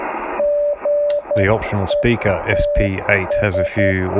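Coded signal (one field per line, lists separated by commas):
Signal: Morse code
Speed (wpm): 10 wpm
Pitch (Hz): 580 Hz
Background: speech, radio noise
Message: GETS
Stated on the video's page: Yaesu FT-920 receiving CW, demonstrating installed options including the YF-116C narrow CW filter.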